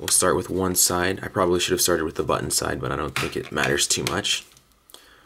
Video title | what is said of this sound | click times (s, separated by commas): HTC One (M7)(2013) Poetic Atmosphere Case Review | all right all snapped into place looks good it's easy to fit in and it fits tight there isn't any movement | 4.9 s